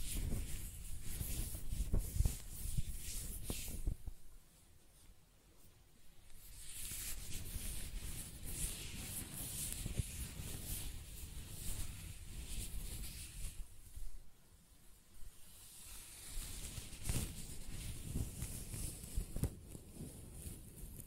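Close-up hair sounds: scratching, brushing and stroking in dense, rustling bursts. Louder scratchy passages from the start to about 4 seconds and again around 8–13 and 17–21 seconds alternate with softer, thinner stretches of faint brushing near 5 and 14 seconds.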